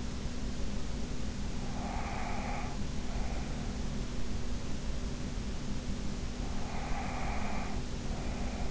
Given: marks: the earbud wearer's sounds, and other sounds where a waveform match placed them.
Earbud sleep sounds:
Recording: sounds in sleep by an in-ear microphone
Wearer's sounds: breath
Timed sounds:
1.57-2.93 s: breath
6.54-8.71 s: breath

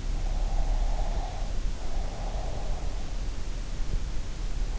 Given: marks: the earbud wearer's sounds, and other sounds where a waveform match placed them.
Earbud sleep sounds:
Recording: sounds in sleep by an in-ear microphone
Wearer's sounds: breath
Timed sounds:
0.52-3.00 s: breath

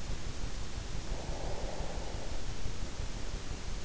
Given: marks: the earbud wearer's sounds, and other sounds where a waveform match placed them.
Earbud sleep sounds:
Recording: sounds in sleep by an in-ear microphone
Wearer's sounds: breath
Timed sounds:
0.77-3.27 s: breath

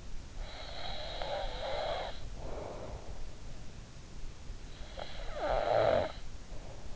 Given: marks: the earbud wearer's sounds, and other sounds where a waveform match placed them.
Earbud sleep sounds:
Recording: sounds in sleep by an in-ear microphone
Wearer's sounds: snoring breath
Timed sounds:
0.45-3.26 s: snoring breath
4.98-6.96 s: snoring breath

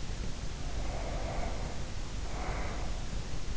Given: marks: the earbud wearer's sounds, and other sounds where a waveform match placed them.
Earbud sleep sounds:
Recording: sounds in sleep by an in-ear microphone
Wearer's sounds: breath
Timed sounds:
0.50-3.35 s: breath

